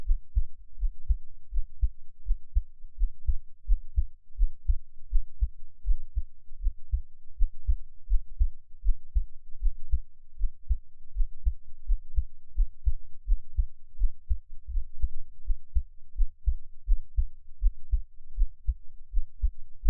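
Deep, muffled thumps repeat in a steady rhythm at about 82 beats a minute, each beat heard as a soft lub-dub. This is an adult's own heartbeat picked up close to the chest with an NT5 microphone, with a faint low hum underneath.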